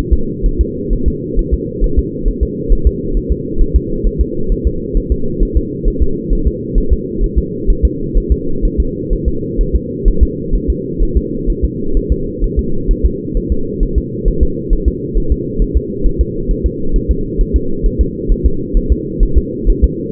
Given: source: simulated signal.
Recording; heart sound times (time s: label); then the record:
fetal heart sounds
0.13 s: S2
0.46 s: S1
0.61 s: S2
0.93 s: S1
1.08 s: S2
1.39 s: S1
1.54 s: S2
1.84 s: S1
1.99 s: S2
2.28 s: S1
2.43 s: S2
2.72 s: S1
2.87 s: S2
3.17 s: S1
3.32 s: S2
3.61 s: S1
3.76 s: S2
4.07 s: S1
4.21 s: S2
4.52 s: S1
4.67 s: S2
4.97 s: S1
5.12 s: S2
5.43 s: S1
5.57 s: S2
5.88 s: S1
6.02 s: S2
6.33 s: S1
6.47 s: S2
6.78 s: S1
6.93 s: S2
7.24 s: S1
7.39 s: S2
7.70 s: S1
7.85 s: S2
8.18 s: S1
8.32 s: S2
8.65 s: S1
8.80 s: S2
9.13 s: S1
9.28 s: S2
9.61 s: S1
9.76 s: S2
10.08 s: S1
10.23 s: S2
10.55 s: S1
10.70 s: S2
11.03 s: S1
11.17 s: S2
11.50 s: S1
11.64 s: S2
11.97 s: S1
12.12 s: S2
12.44 s: S1
12.59 s: S2
12.91 s: S1
13.06 s: S2
13.37 s: S1
13.52 s: S2
13.83 s: S1
13.98 s: S2
14.28 s: S1
14.43 s: S2
14.73 s: S1
14.88 s: S2
15.18 s: S1
15.32 s: S2
15.62 s: S1
15.77 s: S2
16.06 s: S1
16.21 s: S2
16.51 s: S1
16.66 s: S2
16.96 s: S1
17.11 s: S2
17.41 s: S1
17.56 s: S2
17.86 s: S1
18.01 s: S2
18.32 s: S1
18.46 s: S2
18.77 s: S1
18.92 s: S2
19.23 s: S1
19.38 s: S2
19.70 s: S1
19.84 s: S2
From the record:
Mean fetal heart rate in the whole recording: 130 bpm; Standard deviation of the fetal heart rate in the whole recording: 4 bpm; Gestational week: 38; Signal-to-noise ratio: -8.1 dB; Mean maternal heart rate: 72 bpm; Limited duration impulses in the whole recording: absent